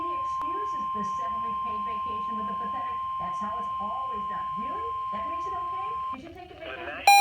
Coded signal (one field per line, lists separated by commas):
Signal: Emergency Alert System (SAME) tones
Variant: 1050 Hz attention tone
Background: speech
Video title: Severe Thunderstorm Warning EAS #36